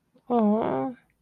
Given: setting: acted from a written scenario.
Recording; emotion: vocal sound without words; sympathy